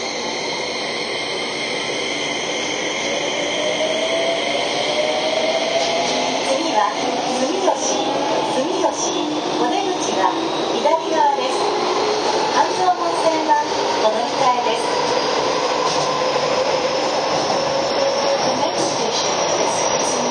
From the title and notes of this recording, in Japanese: 京王5000系 本八幡〜橋本。日中に運転が行われている都営新宿線 本八幡〜京王相模原線 橋本の運用を録音しました。